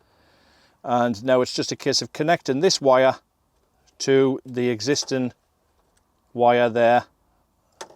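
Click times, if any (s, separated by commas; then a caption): 7.8 s. The plastic plug on a new LED headlight bulb's lead is pushed onto a van's existing headlight wiring connector while someone talks. After the speech stops, a sharp tick at 7.8 s marks the connector clicking together and seating, with a fainter tick just after.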